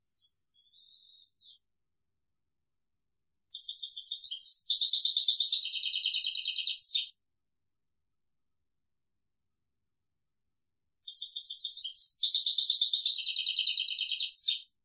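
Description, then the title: European goldfinch song: a faint short twitter, then two long bright phrases of rapid tinkling and buzzy notes, separated by a pause of about four seconds. "Chant Chardonneret"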